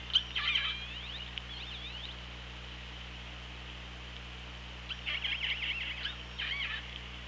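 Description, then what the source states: Orca calls, clusters of sweeping squeaky tones at the start and again near five to seven seconds, set in a persistent hissing background. OrcaLab hydrophone, underwater, 24 August 2017, 15:41:23.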